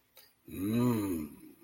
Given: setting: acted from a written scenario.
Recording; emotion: vocal sound without words; desire